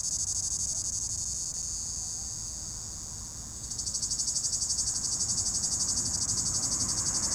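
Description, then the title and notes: Cicada song, a high shrill buzz that fades and softens briefly midway, then returns louder with clear rapid pulses, over faint low traffic hum. In an apple tree atop the Côte de Groisin, Chindrieux, France; 32°, traffic on the RD991; recorded with a Zoom H4n Pro, preamp level 100. "3029 Rte d'Aix, 73310 Chindrieux, France - cigale. Cigale dans un pommier au sommet de la côte de groisin, il fait 32°"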